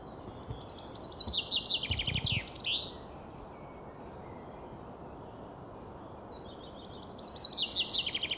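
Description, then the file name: Common chaffinch singing a descending run of sharp notes ending in a flourish, then a pause before a second song begins; low thuds near the start. "Fringilla coelebs"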